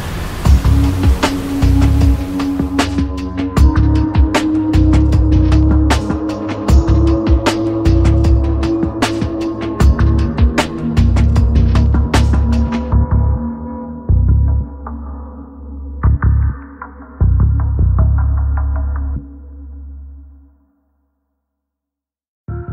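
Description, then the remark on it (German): A ship's heavy, droning engine rumble with repeated sharp thuds and splashes as the hull slams up and down through rough waves on the open sea on the way to Helgoland, loud and continuous before fading and cutting off. “Hier, wo wir gerade hinauf und hinunter durch die Wellen peitschen, waren früher blühende Landschaften.”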